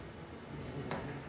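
A silver coupling part on a bronchoscopy catheter is pushed back onto the robot interface after a failed attempt. Over a low background hum, a single sharp click sounds at 0.9 s as the coupling snaps in and seats. Someone talks.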